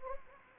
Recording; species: mosquito wingbeat signal from an infrared sensor; Anopheles gambiae